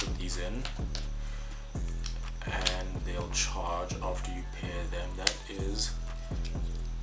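Earbuds are placed into a wireless earbud charging case (a knockoff AirPods-style set) with a hinged plastic lid, while someone talks over background music and a few small taps are heard. The clip ends before the lid snaps shut, so nothing has seated or clicked yet.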